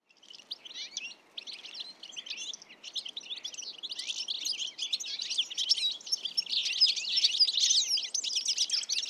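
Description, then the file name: European goldfinch giving rapid high twittering that starts soft and builds into a dense, lively stream of chirps and trills. "Carduelis carduelis"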